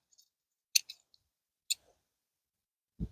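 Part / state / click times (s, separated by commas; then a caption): spring-loaded cam of a rope-grab device closing over climbing ropes / seated / 0.8 s. The spring-loaded cam of a metal Petzl Shunt rope-grab device, loaded with two climbing ropes for solo top roping (one rope on each side), snaps shut between the ropes with a sharp metallic click at 0.8 s, followed by fainter rattling ticks around 0.9 s and 1.1 s, another bright click near 1.7 s, and a low thump at about 3.0 s. The cam is seated over the ropes and the device is ready to go.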